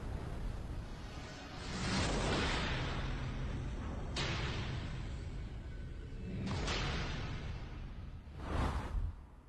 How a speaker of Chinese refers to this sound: 说生他那天呢，炮炸雷轰，电闪雷鸣，山呼海啸，啊，夜夜大风。